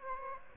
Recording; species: mosquito wingbeat signal from an infrared sensor; Aedes aegypti